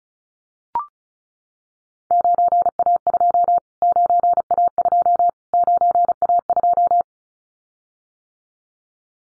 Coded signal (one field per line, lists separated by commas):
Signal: Morse code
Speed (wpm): 34 wpm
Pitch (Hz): 700 Hz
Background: none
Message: 9A2 9A2 9A2